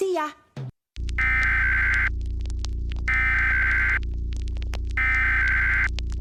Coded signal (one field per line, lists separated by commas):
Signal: Emergency Alert System (SAME) tones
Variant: header bursts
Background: speech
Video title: EAS Scenario: “Midnight Rabies” (Original)